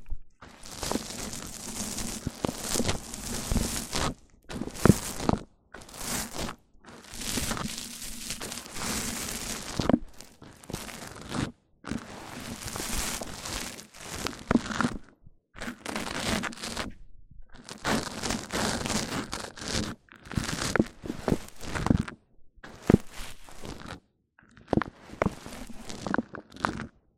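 Rich, crinkly rubbing and crunching sounds handled right on a microphone come in bursts of one to three seconds, split by short silences. The texture is bright and dense with scratchy crackles, over a steady low hum, and the pattern repeats throughout.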